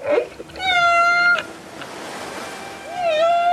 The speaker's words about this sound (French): mais pourquoi sommes-nous autant fascinés par le chant des baleines ?